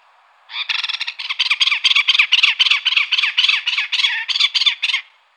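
Great spotted cuckoo giving a harsh, rattling chatter of many rapid grating notes, steady then ending abruptly.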